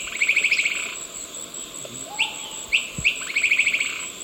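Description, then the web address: Brown-rumped foliage-gleaner making fast dry rattles at the start and end, separated by three single sharp rising notes, with insects buzzing steadily behind. Eastern lowlands of South America. "Natures Songs S America Eastern Lowlands. Brown-rumped Foliage-gleaner"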